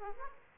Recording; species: mosquito wingbeat signal from an infrared sensor; Aedes aegypti